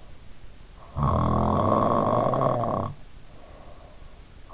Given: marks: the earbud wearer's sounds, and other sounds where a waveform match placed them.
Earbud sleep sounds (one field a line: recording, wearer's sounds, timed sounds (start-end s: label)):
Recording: sounds in sleep by an in-ear microphone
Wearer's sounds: snoring breath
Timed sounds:
0.82-4.13 s: snoring breath